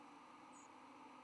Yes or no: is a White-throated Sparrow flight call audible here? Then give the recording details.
yes. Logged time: 08:43 on 10 November 2014